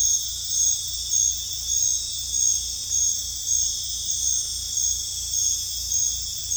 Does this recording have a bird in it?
no